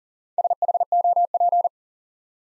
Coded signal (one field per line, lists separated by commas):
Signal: Morse code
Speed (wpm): 39 wpm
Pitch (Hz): 700 Hz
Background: none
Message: SHOP